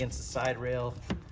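A tonneau cover side rail is set flat and tight against the side bed rail of a Rivian R1T pickup, part of an RMaxx tonneau cover install. Someone talks over quiet handling noise. Nothing has seated or clicked yet.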